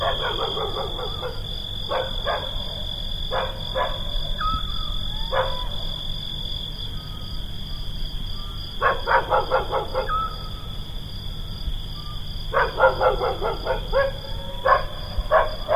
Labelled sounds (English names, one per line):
Little Owl call